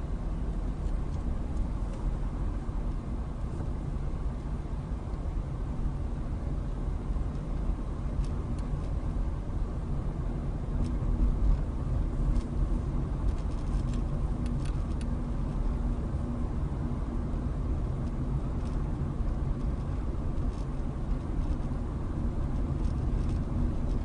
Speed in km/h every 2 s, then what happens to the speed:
21, 19, 19, 21, 23, 24, 26, 24, 26, 26, 26, 26.
0-24 steady at about 24.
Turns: none.